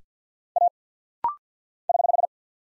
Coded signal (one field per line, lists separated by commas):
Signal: Morse code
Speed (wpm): 50 wpm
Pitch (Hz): 700 Hz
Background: none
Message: A <HH>